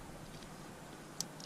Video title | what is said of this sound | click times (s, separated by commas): DPFI to MPFI conversion Part 2 (cabin wiring) | that you'll hear it click in and one for b12 | 1.2 s